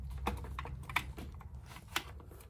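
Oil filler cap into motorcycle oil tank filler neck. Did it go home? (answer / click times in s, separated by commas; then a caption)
no / none. The broken oil filler cap of a Harley-Davidson Sportster 1200 Custom is screwed back into the motorcycle's oil tank filler neck, giving short, sharp ticks around 0.3, 0.6, 1.0 and 2.0 seconds over a low background rumble. The cap screws in fine but does not click down as it should, so nothing has seated or clicked yet.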